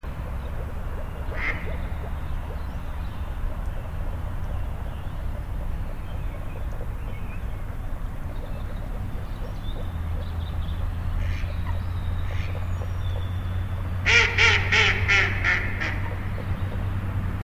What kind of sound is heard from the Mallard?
call